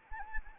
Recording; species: mosquito wingbeat signal from an infrared sensor; Anopheles arabiensis